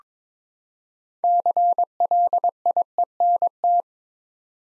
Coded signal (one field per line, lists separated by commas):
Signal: Morse code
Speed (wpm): 22 wpm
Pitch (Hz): 700 Hz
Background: none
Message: CLIENT